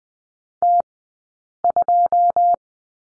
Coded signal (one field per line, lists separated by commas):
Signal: Morse code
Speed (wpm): 20 wpm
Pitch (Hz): 700 Hz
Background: none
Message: T2